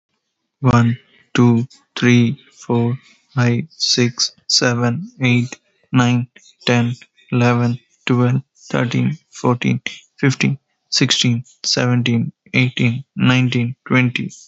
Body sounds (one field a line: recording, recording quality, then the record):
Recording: counting at a normal pace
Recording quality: excellent, no background noise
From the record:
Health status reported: healthy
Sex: male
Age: 30 years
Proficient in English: yes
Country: India